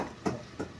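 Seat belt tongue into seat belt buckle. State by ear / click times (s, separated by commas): not seated / none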